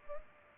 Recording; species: mosquito wingbeat signal from an infrared sensor; Culex pipiens